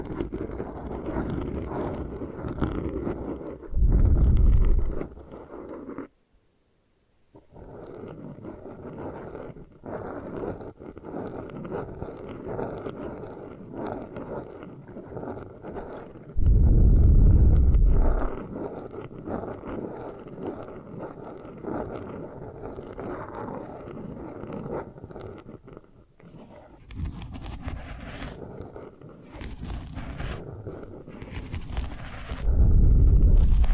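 Hair washing and brushing sounds layer into a dense, steady rustle with a soft low rumble underneath. Heavy, muffled thumps swell around 4, 17 and 33 seconds, and a brief silence falls near 6 seconds. After 27 seconds, brighter, hissing strokes come in short repeated bursts.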